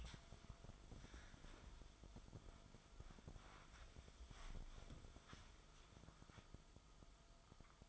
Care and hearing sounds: daily activity, microphone in the room; wipe stove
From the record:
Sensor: 5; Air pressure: 1004.9 hPa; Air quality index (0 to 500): 101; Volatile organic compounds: 2 ppm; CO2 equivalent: 1235 ppm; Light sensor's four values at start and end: 32/71/30/30 and 33/74/31/31

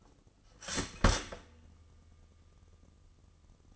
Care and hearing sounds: daily activity, microphone in the room; start toaster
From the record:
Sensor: 4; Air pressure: 996.0 hPa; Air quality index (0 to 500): 70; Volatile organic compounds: 2 ppm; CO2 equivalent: 1281 ppm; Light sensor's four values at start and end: 10/23/9/9 and 10/23/9/10

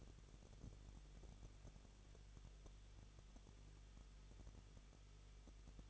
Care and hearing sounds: daily activity, microphone in the room; no activity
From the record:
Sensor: 4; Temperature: 23.0 degrees Celsius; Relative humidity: 34.2%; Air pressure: 1007.3 hPa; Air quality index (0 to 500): 213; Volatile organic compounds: 14 ppm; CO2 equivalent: 2455 ppm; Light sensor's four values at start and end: 2/3/1/1 and 2/3/1/1

